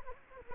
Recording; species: mosquito wingbeat signal from an infrared sensor; Culex quinquefasciatus